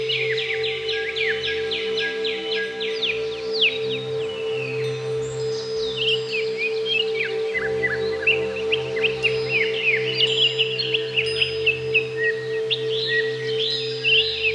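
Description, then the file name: Greater green leafbird song: rapid repeated sweeping notes open the phrase, then a continuous jumble of chirps and whistles runs throughout, with a droning hum beneath. "cucak ijo"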